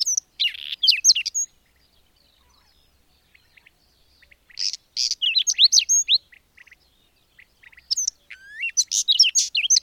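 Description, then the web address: Bird song: three high, lively phrases of buzzy notes and whistled slurs, separated by quiet stretches with faint ticking notes. "madarak enek"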